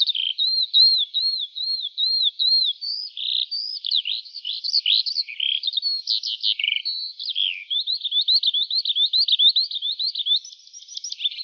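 Lark song opening with a series of repeated arched whistled notes, then breaking into varied rapid chirps, trills and slurs, later returning to quick repeated notes.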